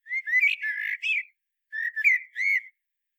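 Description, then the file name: Common blackbird song: two rich, flowing whistled phrases with a short pause between. "Turdus merula"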